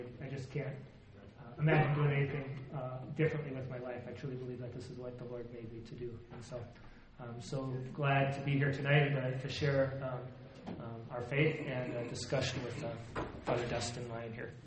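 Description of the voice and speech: An adult man speaks fluently at an easy pace in a clear, steady, ordinary voice with brief natural pauses.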